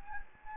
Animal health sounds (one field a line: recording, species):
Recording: mosquito wingbeat signal from an infrared sensor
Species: Anopheles gambiae